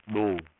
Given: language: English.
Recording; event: throat vibration sensor signal played as sound; speech